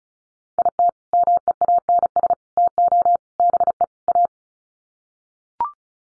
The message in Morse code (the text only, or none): IT MEANS TO BE A